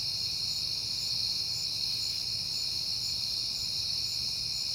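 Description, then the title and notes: Crickets: insistent high trilling, a dense ringing chorus holding level for the whole stretch over faint low rumble. Crickets on a peaceful night in September. "Night Time: Crickets and Passing Cars. It is September and I have been hearing the crickets a lot, but finally had a peaceful night to make the recording"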